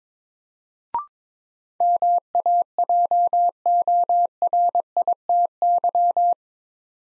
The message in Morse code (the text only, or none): MAJORITY